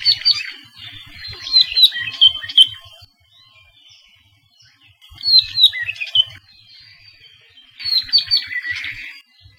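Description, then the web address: Apapane song: three phrases of bright chirps, buzzy trills and whistled notes, each one to three seconds long, separated by short pauses. Recorded along Saddle Road, Hawaii. "Saddle Road Birding Songfiles apapanelong"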